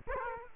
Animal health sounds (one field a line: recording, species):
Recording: mosquito wingbeat signal from an infrared sensor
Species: Culex quinquefasciatus